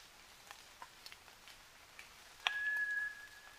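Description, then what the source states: White's thrush: a sharp click, then a single pure, unwavering whistle held for about half a second, with faint ticks and hiss before it. Sung at night, 29 June 2009, at 23:14.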